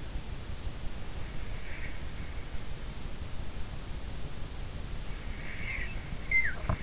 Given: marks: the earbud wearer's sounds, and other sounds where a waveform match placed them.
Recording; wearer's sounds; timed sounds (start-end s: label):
sounds in sleep by an in-ear microphone; snoring breath
1.57-1.97 s: snoring breath
5.46-6.83 s: snoring breath